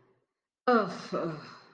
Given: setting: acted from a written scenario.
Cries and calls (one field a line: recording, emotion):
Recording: vocal sound without words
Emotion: embarrassment